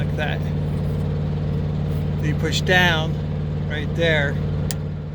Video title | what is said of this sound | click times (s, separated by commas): Venturi Pipe Cleaning (2012 Freightliner Cascadia DD13) | Hear it click. | 4.7 s